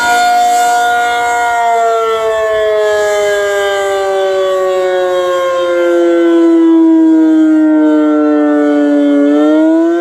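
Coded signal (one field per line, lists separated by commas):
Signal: siren signal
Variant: ACA P-50 siren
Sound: loud mechanical siren tone slowly sliding down in pitch, then rising again near end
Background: outdoor ambience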